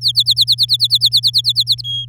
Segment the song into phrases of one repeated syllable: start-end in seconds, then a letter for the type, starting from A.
0.01-1.82 A, 1.84-2.05 B